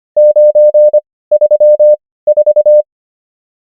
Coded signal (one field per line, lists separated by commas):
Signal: Morse code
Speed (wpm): 25 wpm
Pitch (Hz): 600 Hz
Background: none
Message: 934